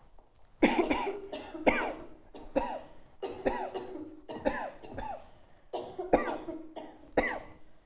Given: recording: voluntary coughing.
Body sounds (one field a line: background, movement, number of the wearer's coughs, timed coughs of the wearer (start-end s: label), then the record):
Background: a bystander coughing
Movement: sitting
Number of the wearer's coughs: 9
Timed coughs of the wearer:
0.60-0.87 s: cough
0.87-1.21 s: cough
1.64-1.99 s: cough
2.53-2.87 s: cough
3.43-3.73 s: cough
4.44-4.81 s: cough
4.86-5.29 s: cough
6.10-6.45 s: cough
7.15-7.47 s: cough
From the record:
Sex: female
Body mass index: 36.4 kg/m2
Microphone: on the chest, facing outward